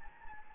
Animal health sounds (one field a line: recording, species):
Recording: mosquito wingbeat signal from an infrared sensor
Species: Anopheles gambiae